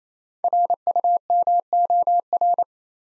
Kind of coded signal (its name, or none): Morse code